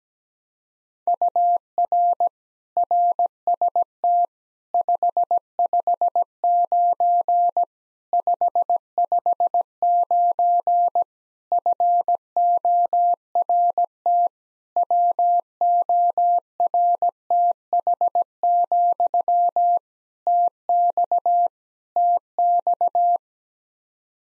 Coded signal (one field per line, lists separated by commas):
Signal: Morse code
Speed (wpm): 17 wpm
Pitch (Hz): 700 Hz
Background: none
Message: UR RST 559 559 FORT WORTH, TX TX